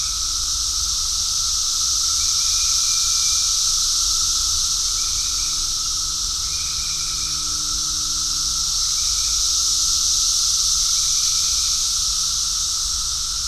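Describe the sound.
Cicadas in a steady, high, hissing drone without break, with faint short chirps recurring every few seconds.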